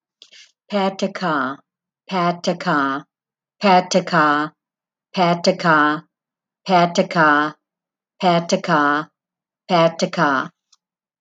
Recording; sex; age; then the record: repeated syllables /pa ta ka/; female; 60 to 69 years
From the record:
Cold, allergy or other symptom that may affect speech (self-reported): no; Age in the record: 61 years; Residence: Florida, United States